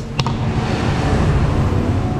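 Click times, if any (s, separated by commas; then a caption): 0.2 s. On a new 2024 Suzuki Raider FI 150, a plastic battery/activation connector is snapped together into the motorcycle wiring to activate the unit. A sharp snap is heard at 0.2 s, followed by a smaller click at about 0.3 s, over steady low rumbling background noise. The connector seats and the motorcycle is activated.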